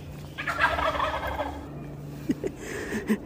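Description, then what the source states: Wild turkey gobble, a rapid rattling phrase lasting about a second, followed by a few soft short notes. Wild flock of four females and two males walking near the recordist's house; males in full display, tails fanned and wattles bright red.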